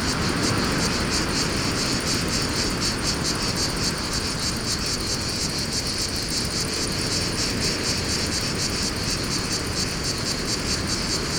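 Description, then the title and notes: Cicadas drone in a high buzz with fast pulses, set against constant wind and low background rumble. Fontvieille, France; pine wood during mistral wind; two Shure BG 4.0 mics, DIY windscreen, Tascam DA-P1 DAT recorder; excerpt from CDR copy. "Fontvieille, France - Mistral et cigales. Le Mistral dans la pinède les cigales et insectes au sol , quelques bruits de circulation"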